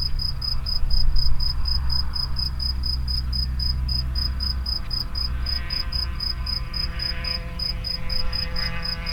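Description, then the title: Grasshopper sound: crisp high pulses repeating nearly four times per second with a brief gap, set against a loud, steady low-pitched rumble. Locusts near the Henri Bridge at Niévroz. "Niévroz, Locusts near the Henri Bridge - Criquets vers le Pont Henri"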